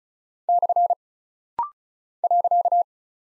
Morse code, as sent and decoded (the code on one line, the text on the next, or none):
-..-. / .-.-.-
/ .